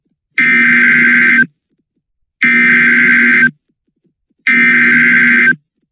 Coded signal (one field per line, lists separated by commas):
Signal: Emergency Alert System (SAME) tones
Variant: header bursts